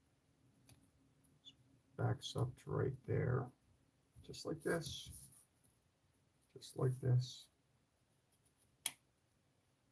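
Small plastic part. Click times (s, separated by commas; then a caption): 8.9 s. A plastic scale-model cockpit part is pressed into its position in a P-51 fuselage half while someone talks. Then a sharp, loud snap rings out at 8.9 seconds as the part snaps into place.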